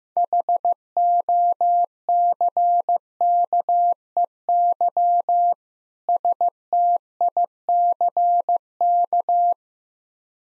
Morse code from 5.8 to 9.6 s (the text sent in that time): STICK